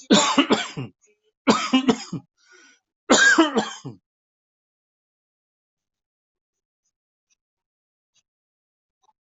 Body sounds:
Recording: coughing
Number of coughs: 3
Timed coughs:
0.10-0.93 s: cough
1.47-2.23 s: cough
3.09-3.99 s: cough
From the record:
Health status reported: COVID-19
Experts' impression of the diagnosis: obstructive lung disease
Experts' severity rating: mild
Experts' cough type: dry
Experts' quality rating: good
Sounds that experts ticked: wheeze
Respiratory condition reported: no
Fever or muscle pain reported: no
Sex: male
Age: 68 years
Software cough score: 1.00

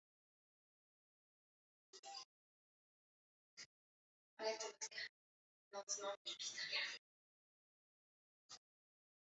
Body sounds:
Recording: no coughing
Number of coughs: 0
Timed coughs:
none
From the record:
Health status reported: healthy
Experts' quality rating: no cough present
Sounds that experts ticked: no box ticked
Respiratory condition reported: yes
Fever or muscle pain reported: no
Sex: female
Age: 44 years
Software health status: healthy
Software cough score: 0.81

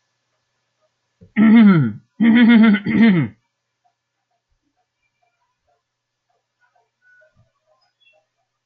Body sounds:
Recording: no coughing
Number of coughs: 0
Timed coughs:
none
From the record:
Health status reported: healthy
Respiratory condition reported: no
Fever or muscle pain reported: no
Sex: male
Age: 24 years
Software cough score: 0.37

